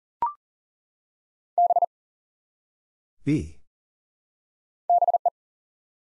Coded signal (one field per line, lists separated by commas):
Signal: Morse code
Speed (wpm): 43 wpm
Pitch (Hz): 700 Hz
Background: none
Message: B BE